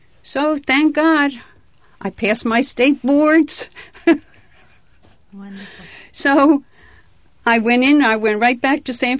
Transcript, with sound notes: So, thank God, I passed my state boards. ( she laughs )
Wonderful.
So I went in, I went right back to St.